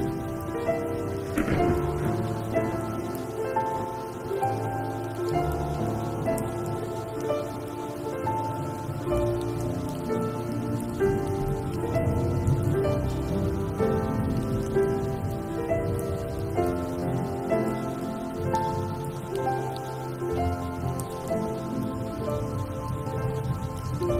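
A soundtrack piece plays over steady rain, its sustained notes and chords held in the low and middle range and shifting slowly. The rain runs as a constant hiss beneath the music, and the loudness stays even for the whole stretch.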